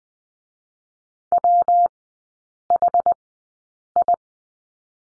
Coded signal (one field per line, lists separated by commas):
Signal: Morse code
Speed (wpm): 20 wpm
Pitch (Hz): 700 Hz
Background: none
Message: WHI